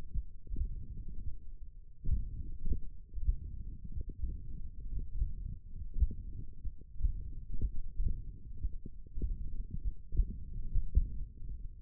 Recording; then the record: forearm muscle sounds (acoustic myography)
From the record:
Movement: tripod grip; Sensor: system 1, eight BSWA MPA416 microphones around the upper forearm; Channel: 3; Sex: male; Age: 21 years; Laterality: right